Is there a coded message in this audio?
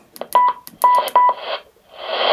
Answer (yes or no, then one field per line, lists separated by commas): no